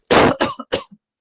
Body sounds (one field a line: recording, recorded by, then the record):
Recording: voluntary cough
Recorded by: messaging app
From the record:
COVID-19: negative